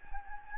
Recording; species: mosquito wingbeat signal from an infrared sensor; Anopheles gambiae